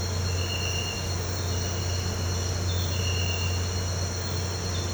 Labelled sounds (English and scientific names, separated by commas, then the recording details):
none
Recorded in pastures near Puerto Asís, Putumayo, Colombia, on 13 March 2025 at 06:00
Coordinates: 0.466, -76.322
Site CSA-02